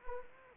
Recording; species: mosquito wingbeat signal from an infrared sensor; Anopheles arabiensis